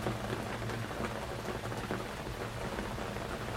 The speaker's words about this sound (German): Es nieselt. Man hört nur die Tropfen. Sonst nichts. Ich spüre diese Stille fast körperlich.